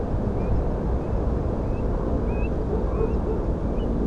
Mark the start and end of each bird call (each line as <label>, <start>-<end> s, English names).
Eurasian Stone-curlew, 0.36-3.87 s